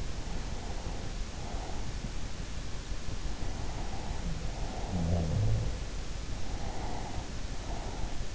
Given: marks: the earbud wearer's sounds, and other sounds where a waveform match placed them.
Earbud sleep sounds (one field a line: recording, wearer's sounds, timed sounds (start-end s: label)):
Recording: sounds in sleep by an in-ear microphone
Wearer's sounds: breath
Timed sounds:
0.24-2.44 s: breath
3.76-5.73 s: sound from someone else or the room
6.21-8.35 s: breath